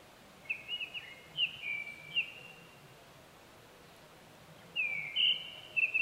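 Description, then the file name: Japanese thrush singing separate whistled phrases of quick sliding notes, one group early and another near the end, with soft background noise between. 25 April 2010 at 18:00. "kurotugumi-20100425-1800"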